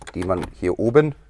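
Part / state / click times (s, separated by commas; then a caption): radio removal key into car radio release slot / not seated / none. Two standard flat metal radio removal keys are being handled at the release slots on the face of a car radio, to be pushed in until they click and latch so the radio can be pulled out. Someone talks throughout, and no click is heard. Nothing has seated or clicked yet.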